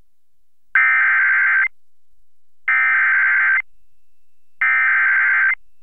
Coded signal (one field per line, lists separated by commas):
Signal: Emergency Alert System (SAME) tones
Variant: header bursts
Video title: EAS #1106-1107: 2 EAS Severe Thunderstorm Warnings- Aug. 26, 2025